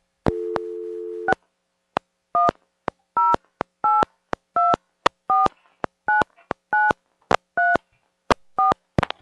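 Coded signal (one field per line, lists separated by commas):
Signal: DTMF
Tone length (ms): 190 ms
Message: 6108249934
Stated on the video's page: Audio recorded on site at central office controlled pay phones, somewhat broken, of a small independent telephone company.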